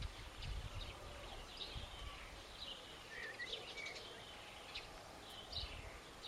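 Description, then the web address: Birds giving high chirps and short warbled phrases, some sliding notes, mixed with intermittent low rumbling noise. "cianscape. Deverinetal"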